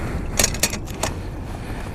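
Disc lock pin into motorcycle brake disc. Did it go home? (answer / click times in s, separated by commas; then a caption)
yes / 0.6 s. A Xena XX15 stainless steel disc-lock alarm has its locking pin pushed home on a motorcycle brake disc. Sharp metallic clicks sound at about 0.4 s and 1.0 s over a low background rumble, and the pin locks into place with the loudest click at 0.6 s.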